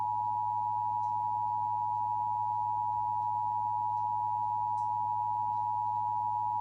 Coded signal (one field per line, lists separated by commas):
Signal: Emergency Alert System (SAME) tones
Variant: 853 and 960 Hz attention tone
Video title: Optimum/Altice Long EAS test